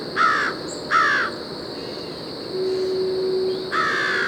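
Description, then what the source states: American crow mobbing caws: three raspy caws, two close together and one after a pause, with a brief steady hum and constant insect buzz behind. A few crows mobbing a raccoon at the top of a tree, Brenton Point State Park, Newport County, Rhode Island, about 7:30 a.m., September 24, 2017.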